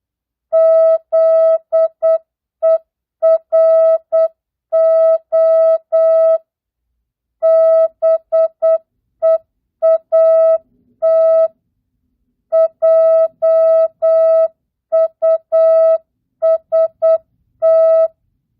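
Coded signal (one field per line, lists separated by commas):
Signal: Morse code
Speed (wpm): 8 wpm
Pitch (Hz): 650 Hz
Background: music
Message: ZERO BEAT JUST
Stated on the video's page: Morse practice at 8 wpm, non-Farnsworth, mixed words, numbers and punctuation.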